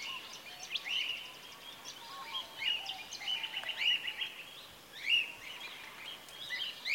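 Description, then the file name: Cockatiel calls, scattered short, upslurred chirps and scratchy notes given irregularly by several birds over a soft, hissing background. "BIRD-cockatiels e baines-riv nt"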